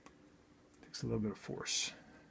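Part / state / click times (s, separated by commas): plastic dishwasher component into its mount inside the dishwasher / not seated / none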